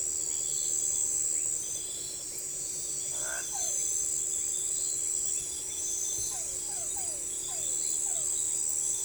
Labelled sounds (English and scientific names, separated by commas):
none